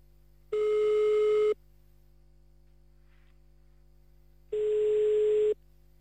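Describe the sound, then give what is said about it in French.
A telephone ringback tone while calling a number in Jemeppe-sur-Meuse: two steady, mid-pitched electronic beeps, each about a second long, separated by several seconds of quiet line hiss and a faint background hum. “Donc on y va, on appelle maintenant.”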